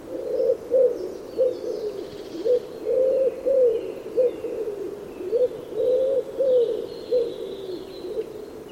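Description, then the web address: Bird calling a rapid, uneven series of about a dozen short, low cooing notes, some slightly rising, while faint high whistles sound behind. "Bird Only"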